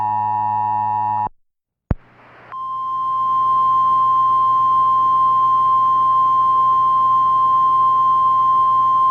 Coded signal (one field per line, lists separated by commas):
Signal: Emergency Alert System (SAME) tones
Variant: 853 and 960 Hz attention tone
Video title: Local Area Emergency - EAS Mock